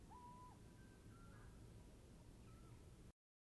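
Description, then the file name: Eurasian Scops Owl hooting: one clear, steady whistled note lasting about half a second, followed by a few fainter, higher notes over a low background hiss. Female hoots first, then the male, followed by the female's soliciting calls. "Eurasian Scops Owl Hooting of female male then soliciting calls of female"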